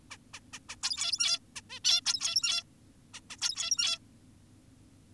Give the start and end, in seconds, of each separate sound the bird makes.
0.11-0.18, 0.34-0.40, 0.53-0.59, 0.69-0.76, 0.83-1.39, 1.56-1.61, 1.70-1.80, 1.84-2.01, 2.06-2.64, 3.14-3.20, 3.30-3.36, 3.42-3.99